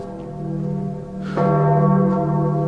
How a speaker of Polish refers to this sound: Co to jest? A, to niech pan się nie boi. To dzwony.